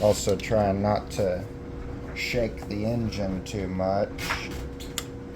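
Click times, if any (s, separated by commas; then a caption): 5.0 s. A click-type torque wrench tightens a bearing cap bolt to 45 ft-lb on the 460 V8 of a 1969 Lincoln Continental, for a Plastigage clearance check. Someone talks over a steady hum, then the wrench gives a single sharp click at 5.0 s, confirming the bolt has reached its setting.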